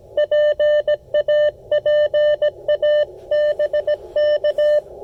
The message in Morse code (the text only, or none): PAPA BK